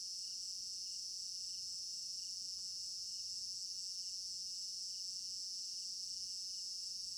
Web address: African-Village Garden Night Crickets Stereo-Binaural. immersive sound library